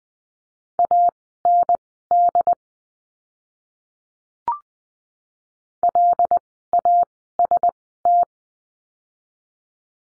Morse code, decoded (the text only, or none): AND LAST